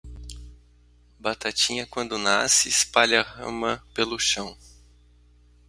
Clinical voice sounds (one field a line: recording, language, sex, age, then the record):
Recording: short text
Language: Brazilian Portuguese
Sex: male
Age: 40 to 49 years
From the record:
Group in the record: control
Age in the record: 42 years